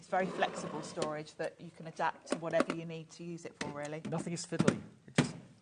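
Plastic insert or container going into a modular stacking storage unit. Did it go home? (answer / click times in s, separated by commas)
yes / 5.2 s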